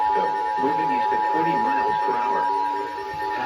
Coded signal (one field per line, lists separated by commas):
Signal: Emergency Alert System (SAME) tones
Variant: 853 and 960 Hz attention tone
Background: speech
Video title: WWG56-98.9FM-KDO94 SVR EAS-505-506-507